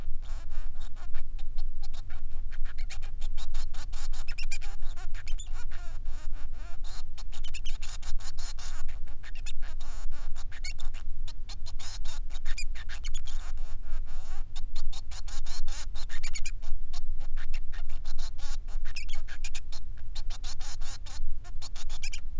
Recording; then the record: song of a male Bengalese finch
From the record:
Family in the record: son of father 3